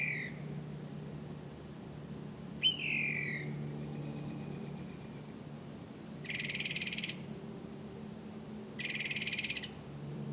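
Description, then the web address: Bird calls: a sharp falling whistle, then two harsh buzzy bursts a few seconds apart, over a low steady hum. "misc bird"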